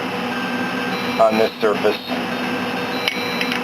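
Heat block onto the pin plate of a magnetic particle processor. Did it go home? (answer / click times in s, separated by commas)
yes / 3.1 s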